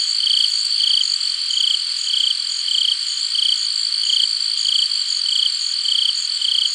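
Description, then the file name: Cricket chorus with short high pulsed chirps recurring at a steady pace above a continuous shrill background hum. "Crickets - Hard"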